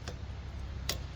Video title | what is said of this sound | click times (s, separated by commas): Subaru Crosstrek Oil Change | tabs in a little bit. There we go. I heard a click. | 0.9 s